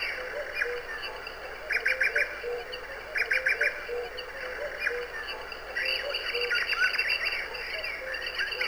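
Birds chirp in short bursts of a few notes, then a denser twittering run, over a continuous high tonal drone.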